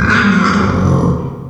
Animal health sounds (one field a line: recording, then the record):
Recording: squeal of a Yucatan mini pig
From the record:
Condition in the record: after surgery on the right vocal fold (resection and tissue-engineered implant)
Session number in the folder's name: 15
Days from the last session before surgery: 175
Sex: female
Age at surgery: 19 weeks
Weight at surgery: 25 kg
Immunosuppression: prednisolone